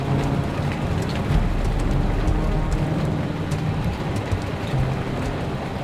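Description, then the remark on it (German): Hail drums against a window during a storm, a dense, steady patter broken by sharp scattered ticks, with a low rumbling wash of wind underneath and no voices. “Der Wind war inzwischen zum ausgewachsenen Sturm geworden. Das waren keine Regentropfen, was da gegen unser Fenster trommelte. Schnee. Graupel, Hagel, echtes Sauwetter.”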